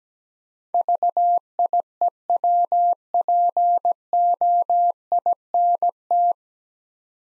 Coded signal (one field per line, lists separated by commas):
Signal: Morse code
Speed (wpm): 17 wpm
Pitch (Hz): 700 Hz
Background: none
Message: VIEWPOINT